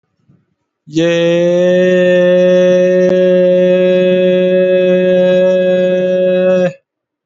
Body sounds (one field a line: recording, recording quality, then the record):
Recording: sustained vowel as in made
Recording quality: excellent, no background noise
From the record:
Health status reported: healthy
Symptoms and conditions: none ticked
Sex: male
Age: 28 years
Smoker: not ticked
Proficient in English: yes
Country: India